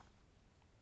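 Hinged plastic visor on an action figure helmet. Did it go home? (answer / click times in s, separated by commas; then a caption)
no / none. A hinged plastic visor on an action figure's helmet is handled as it is being flipped toward closed, giving only faint low rustling and handling noise. Nothing has snapped shut or locked yet.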